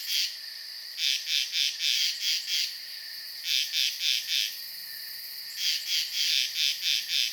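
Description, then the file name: Insects calling in short pulsed bursts, grouped in runs of several pulses with pauses, over a steady high-pitched drone. Night ambience. "Blastwave FX Night Insects Frogs"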